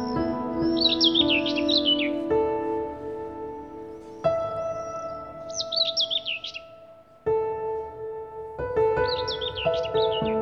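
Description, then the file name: Bird singing three energetic chirping phrases, each a quick tumble of high notes, while soft ambient music holds long chords. "Bird Song Group - Chirping"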